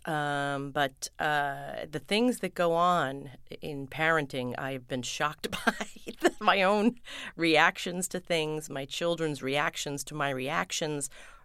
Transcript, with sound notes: but the things that go on in parenting I have been shocked by (laughter). My own reactions to things, my children's reactions to my reactions